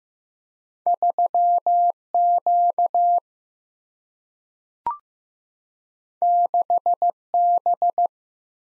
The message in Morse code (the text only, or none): 3Q 6B